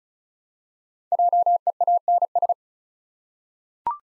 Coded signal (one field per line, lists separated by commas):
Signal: Morse code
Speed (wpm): 35 wpm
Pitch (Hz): 700 Hz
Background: none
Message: JEANS